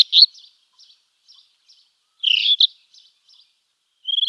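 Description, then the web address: Rufous-tailed scrub robin song of bright, slurred whistles, with faint scattered notes in between and a whistle at the end. "Schulze Peter Rufous-tailed Scrub-Robin song"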